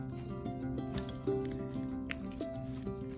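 The second long display flex cable of an iPhone 6 is pressed onto its socket on the phone's logic board during a screen replacement, with music playing in the background. A sharp click is heard at 2.1 s, and the connector is seated.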